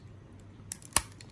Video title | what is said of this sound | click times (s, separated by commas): Bandai Soul of Chogokin GX-88 Dairugger XV Review | here clicks on | 0.7 s, 1.0 s